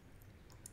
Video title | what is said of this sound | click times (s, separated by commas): Waterbrush Comparison Review | the cap doesn't click very tightly to the back of this brush. | 0.7 s